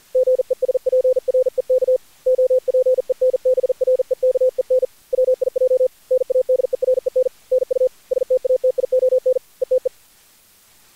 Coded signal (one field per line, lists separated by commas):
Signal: Morse code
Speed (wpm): 44 wpm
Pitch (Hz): 510 Hz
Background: none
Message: GESPREK OPENBREKEN WIJ NADEREN NU STATION ETE